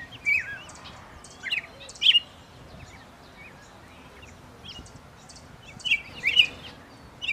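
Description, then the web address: Bird song: scattered short phrases of bright whistles and slurs, with pauses between. "lucas passarinho"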